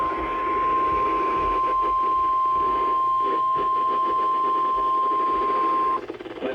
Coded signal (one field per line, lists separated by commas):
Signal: Emergency Alert System (SAME) tones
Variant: 1050 Hz attention tone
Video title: Eas #37 Severe Thunderstorm Warning